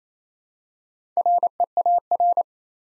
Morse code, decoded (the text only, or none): REAR